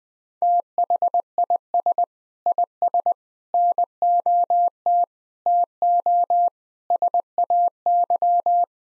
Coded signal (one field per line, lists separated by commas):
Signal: Morse code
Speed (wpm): 20 wpm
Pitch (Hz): 700 Hz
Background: none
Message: THIS IS NOT TO SAY